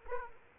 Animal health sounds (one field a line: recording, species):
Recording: mosquito wingbeat signal from an infrared sensor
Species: Culex quinquefasciatus